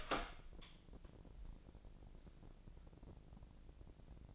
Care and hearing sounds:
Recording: daily activity, microphone in the room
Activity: open door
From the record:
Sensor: 5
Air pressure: 1012.3 hPa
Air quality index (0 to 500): 157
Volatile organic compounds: 2 ppm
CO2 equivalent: 1074 ppm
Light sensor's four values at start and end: 255/619/260/285 and 259/631/264/291

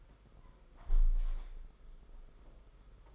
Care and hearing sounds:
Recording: daily activity, microphone in the room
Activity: close window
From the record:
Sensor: 5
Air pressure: 991.5 hPa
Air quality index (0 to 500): 103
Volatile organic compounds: 19 ppm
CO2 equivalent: 2660 ppm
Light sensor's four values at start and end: 39/125/47/50 and 39/124/47/50

